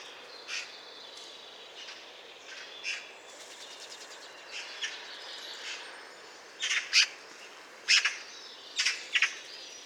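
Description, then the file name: Eurasian magpie calling with coarse, scratchy notes, sparse at first, then louder paired chacks near the end. "Pica pica"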